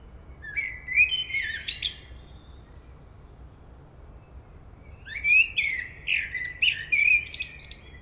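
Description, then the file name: Common blackbird song in two phrases. A short warble with a squeaky ending is followed, after a pause, by a longer run of rich whistled notes and high twitters. "Turdus merula"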